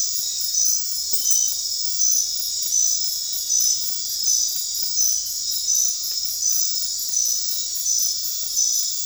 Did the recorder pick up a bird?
no